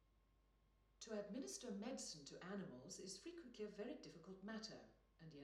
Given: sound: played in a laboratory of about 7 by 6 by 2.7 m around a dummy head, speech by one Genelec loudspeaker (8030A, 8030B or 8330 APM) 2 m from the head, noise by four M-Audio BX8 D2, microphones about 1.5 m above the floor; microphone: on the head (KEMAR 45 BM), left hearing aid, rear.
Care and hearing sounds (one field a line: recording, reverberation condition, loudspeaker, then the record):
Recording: female speech in English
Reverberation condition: medium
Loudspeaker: 150 degrees to the left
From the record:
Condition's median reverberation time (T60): about 510 ms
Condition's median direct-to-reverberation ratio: about -0.5 dB